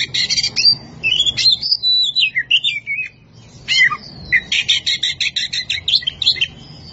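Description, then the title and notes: Oriental magpie-robin singing a lively medley of sliding whistles, upslurred notes and fast rattling chirp series, nearly continuous with one brief pause. Champion singing bird. "Kicau Burung Kacer Juara. Suara Kicauan Burung Kacer Juara"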